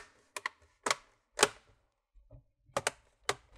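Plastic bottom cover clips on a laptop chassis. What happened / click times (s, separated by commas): The plastic cover clips snapped into place / 0.5 s, 0.9 s, 1.4 s, 2.8 s, 2.9 s, 3.3 s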